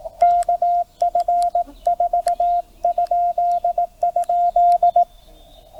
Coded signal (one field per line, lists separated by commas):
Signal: Morse code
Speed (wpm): 18 wpm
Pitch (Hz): 700 Hz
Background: none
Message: KF4??